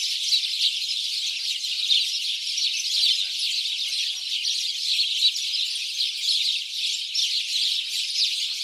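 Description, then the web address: House sparrow chorus: many birds chirping at once, a continuous busy chatter that swells slightly in places but never stops. "SETE Passer domesticus"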